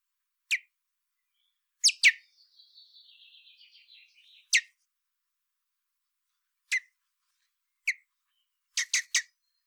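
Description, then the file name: Common blackbird calls: sharp, abrupt clicks at irregular intervals, a quiet twittering warble early on, and a rapid triple click at the end. "Turdus merula"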